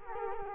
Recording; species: mosquito wingbeat signal from an infrared sensor; Culex quinquefasciatus